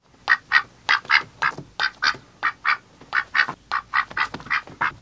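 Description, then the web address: Bird calls: a rapid run of many harsh, nasal, quack-like notes, loud and fairly evenly spaced. "Eyewitness Birds"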